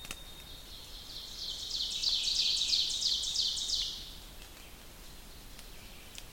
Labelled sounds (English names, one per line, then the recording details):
Ovenbird song
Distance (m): 50 m
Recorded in boreal forest in Alberta, Canada, on 2 June 2016 at 06:17
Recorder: SongMeter 3, array SBT-3-7
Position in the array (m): -2 m, 87 m
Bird 7